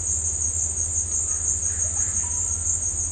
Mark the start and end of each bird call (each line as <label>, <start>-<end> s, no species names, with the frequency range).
bird call (0.2-2.9 kHz), 1.33-2.60 s